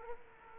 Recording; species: mosquito wingbeat signal from an infrared sensor; Culex quinquefasciatus